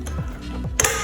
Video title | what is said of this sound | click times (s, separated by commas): New Henry X .30-30 ? Do This First: Install Pic Rail + Leupold Mark 3HD LPVO | Click number one. | 0.8 s